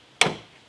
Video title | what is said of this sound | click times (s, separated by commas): I Can't Believe Most Cars Still Dont Have These | that's locked into place. | 0.2 s